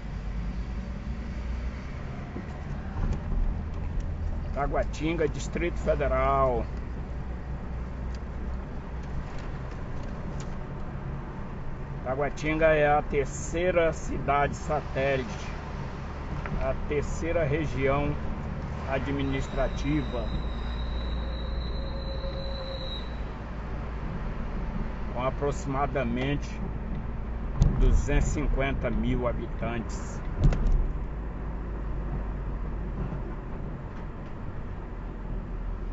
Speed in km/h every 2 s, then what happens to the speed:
26, 33, 35, 37, 39, 40, 42, 42, 43, 45, 44, 43, 43, 44, 43, 39, 35, 31.
0-17 speeds up to 45. 17-28 steady at about 43. 28-36 slows to 31.